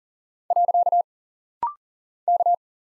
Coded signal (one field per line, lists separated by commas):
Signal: Morse code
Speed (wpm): 40 wpm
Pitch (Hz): 700 Hz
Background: none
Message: . K